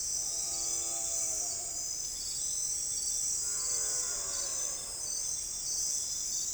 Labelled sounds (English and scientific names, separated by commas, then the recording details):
none
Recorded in forest near Pivijay, Magdalena, Colombia, on 5 June 2023 at 04:30
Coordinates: 10.467, -74.380
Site Z5-G034